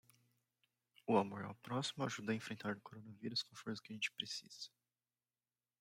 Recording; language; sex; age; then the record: spoken sentence; Brazilian Portuguese; male; 20 to 29 years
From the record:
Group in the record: control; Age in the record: 27 years